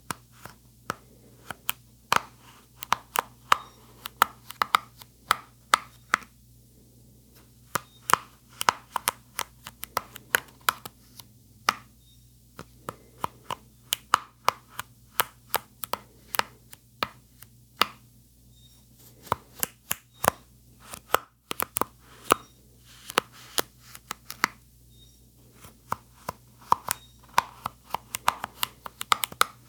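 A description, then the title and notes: Brush bristles pop and flick in quick, irregular clusters of sharp clicks, each a crisp, bright snap, with brief pauses near 7, 12 and 21 seconds. A steady low hum sits underneath throughout. Popping Brush Bristles.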